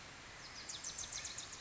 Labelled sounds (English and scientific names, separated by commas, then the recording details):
Wilson's Warbler (Cardellina pusilla)
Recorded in Sonoma County, California